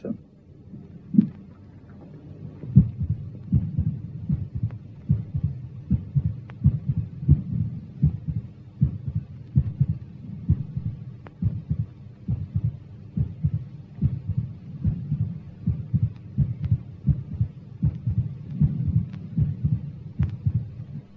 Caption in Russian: Раздвоение второго тона на основании сердца наблюдается при неодновременном закрытии клапана аорты и легочной артерии. Раздвоение второго тона на легочной артерии при митральном пороке сердца.